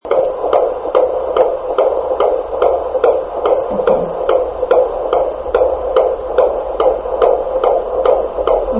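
Rapid, regular whooshing pulses at about 143 per minute: a normal fetal heartbeat on Doppler at 17 weeks of pregnancy.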